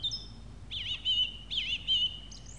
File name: Song Thrush